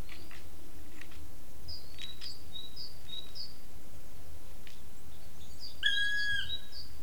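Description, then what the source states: Black woodpecker call: one prolonged ringing note near the end, after a run of thin, high, repeated whistles from another bird and a few soft clicks. Wing whirring, flight call and call.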